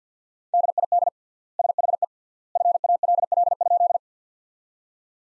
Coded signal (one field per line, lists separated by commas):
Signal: Morse code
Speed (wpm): 50 wpm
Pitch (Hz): 700 Hz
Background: none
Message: DID SHE FALL?